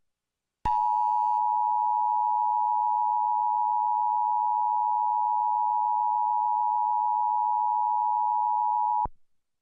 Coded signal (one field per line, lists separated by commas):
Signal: Emergency Alert System (SAME) tones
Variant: 853 and 960 Hz attention tone